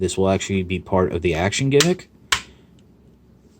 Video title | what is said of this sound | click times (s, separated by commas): Transformers Cyberverse Power of the Spark Ultra Class Alpha Trion | bring the sides back down they will click into place | 2.3 s